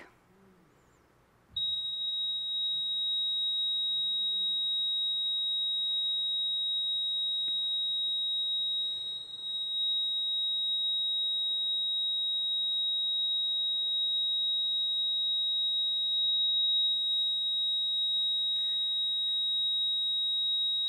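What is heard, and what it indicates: After a short silence, a single high-pitched tone sounds without a break for about 19 seconds, with no beeps or pauses. This is a cardiac monitor's flatline alarm, the sound of asystole, meaning no heartbeat is detected: the sound heard as a loved one passes from this life to the next. A faint low hum runs underneath.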